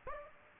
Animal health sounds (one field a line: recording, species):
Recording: mosquito wingbeat signal from an infrared sensor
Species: Aedes aegypti